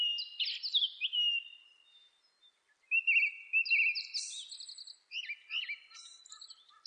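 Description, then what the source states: Japanese thrush song of rich whistled phrases, some falling and slurred, others of rapid repeated notes, with some high thin notes. Recorded on 26 April 2006.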